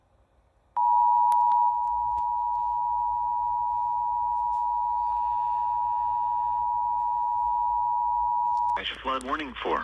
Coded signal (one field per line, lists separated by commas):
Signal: Emergency Alert System (SAME) tones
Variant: 853 and 960 Hz attention tone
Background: speech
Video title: Eas FFW in Honolulu hawaii again Eas#421